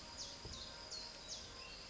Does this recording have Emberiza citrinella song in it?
no